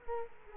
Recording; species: mosquito wingbeat signal from an infrared sensor; Culex quinquefasciatus